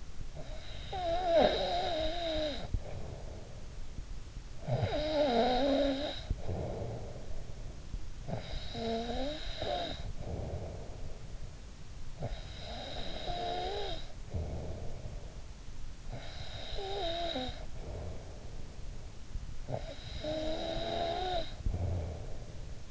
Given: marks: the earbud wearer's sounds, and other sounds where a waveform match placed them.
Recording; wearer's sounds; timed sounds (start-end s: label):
sounds in sleep by an in-ear microphone; snoring breath
0.00-22.91 s: snoring breath